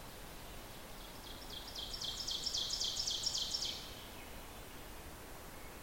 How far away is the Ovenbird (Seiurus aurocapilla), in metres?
about 65 m